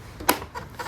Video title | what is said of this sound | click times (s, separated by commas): DIY Akrapovic Headers Installation K67 BMW S1000RR (Part 6) | It pops right in. Nice and easy. | 0.3 s